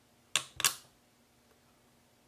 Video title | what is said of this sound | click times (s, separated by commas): Dell Laptop Memory Upgrade -- Dell Latitude 5400 | press it down until you hear the click | 0.4 s